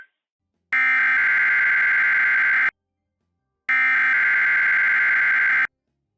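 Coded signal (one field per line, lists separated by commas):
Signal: Emergency Alert System (SAME) tones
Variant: header bursts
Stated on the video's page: Required weekly test on NOAA weather radio station, Toledo, 162.500 MHz, transmitter in Holland, Ohio, Cleveland forecast office, received in Lucas County, Ohio.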